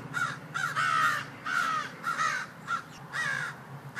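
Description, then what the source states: Crows calling with loud raspy caws in repeated bursts, several birds calling, faint low drone underneath. Many crows mobbing a hawk hiding in a pine tree after it snatched a baby crow; motorcycle passing faintly in the distance.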